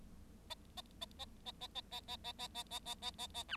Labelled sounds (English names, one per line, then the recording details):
Bengalese Finch song
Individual Bird7